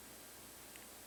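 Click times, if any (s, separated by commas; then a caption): none. During a Gikfun portable handheld game kit build, an electronic component with legs is handled and pressed down flat onto or into the circuit board or socket. Steady broadband hiss fills the clip, with a brief faint handling sound at about 0.8 s. Nothing has seated or clicked yet.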